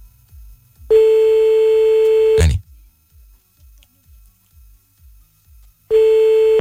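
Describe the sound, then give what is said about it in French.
A telephone ringback tone sounds as a steady, mid-pitched beep lasting over a second, then a long pause and a second beep, with faint rhythmic low thumps underneath and a brief spoken word, as a number is redialed after a call was hung up. “Bon, on va rappeler.”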